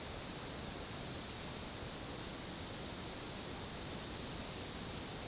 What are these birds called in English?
none